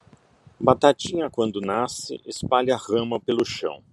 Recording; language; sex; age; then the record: short text; Brazilian Portuguese; male; 50 to 59 years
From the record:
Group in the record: control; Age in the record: 57 years